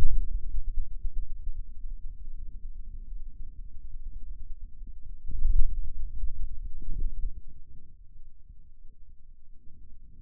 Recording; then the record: forearm muscle sounds (acoustic myography)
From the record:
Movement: hand closing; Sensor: system 2, bracelet of six BSWA MPA416 microphones around the upper forearm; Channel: 3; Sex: male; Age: 22 years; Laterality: right